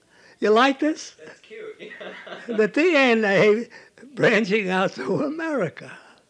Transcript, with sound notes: You like this?
That's cute. (They laugh)
The DNA branching out to America.